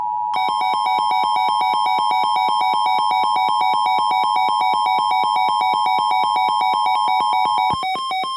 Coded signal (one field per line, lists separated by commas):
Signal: Emergency Alert System (SAME) tones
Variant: 853 and 960 Hz attention tone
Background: music